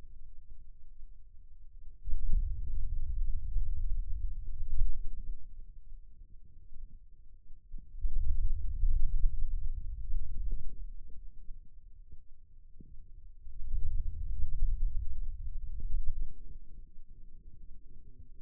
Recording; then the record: forearm muscle sounds (acoustic myography)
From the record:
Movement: hand opening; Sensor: system 2, bracelet of six BSWA MPA416 microphones around the upper forearm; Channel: 1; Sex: male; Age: 22 years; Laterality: right